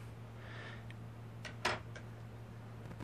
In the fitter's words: and the contacts right there. Just snaps into place.